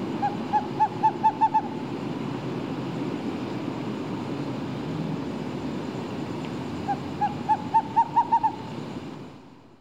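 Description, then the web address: Screech owl calling in two short series of evenly spaced hooting notes that rise slightly in pitch, with a steady traffic rumble that fades at the very end. Calling, with traffic in the background. "bird screech owl calls traffic in bg animal"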